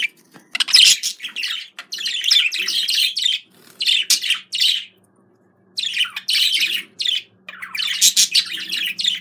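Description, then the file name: Budgerigar chatter in long scratchy warbling phrases with brief gaps, over a faint low hum. Described as a budgerigar love sound. "love budgerigar"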